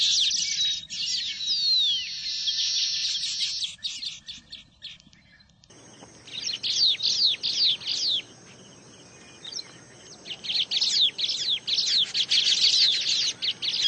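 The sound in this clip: Baya weaver chatter, high buzzy trills and rapid squeaky notes in bursts, with a quieter pause midway and a faint sliding whistle early on.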